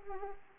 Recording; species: mosquito wingbeat signal from an infrared sensor; Anopheles arabiensis